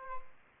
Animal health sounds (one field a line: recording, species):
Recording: mosquito wingbeat signal from an infrared sensor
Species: Aedes aegypti